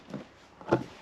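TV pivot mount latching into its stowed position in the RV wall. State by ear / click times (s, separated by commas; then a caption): not seated / none. A TV on its pivoting swing-out wall mount in a 2021 Jayco Eagle 27RS trailer is handled and pushed back in by its edges toward its stowed position, to secure it for the drive. Two soft, low handling bumps are heard, a faint one around 0.1 to 0.2 s and a louder one around 0.6 to 0.8 s. Nothing has seated yet, and the mount's latch has not clicked.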